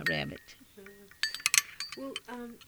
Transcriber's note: sounds of dishes